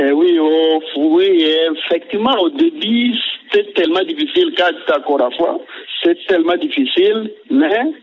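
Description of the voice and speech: Adult male caller from Bunia in the north-east of the Democratic Republic of the Congo, speaking French by telephone, with stuttering present since childhood.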